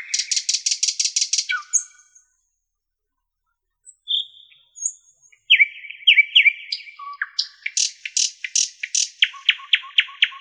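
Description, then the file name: Common nightingale song: a fast rattle of repeated notes, a pause, then varied slurred whistles and chirps building into rhythmic repeated phrases with low clicks. "Nightingale"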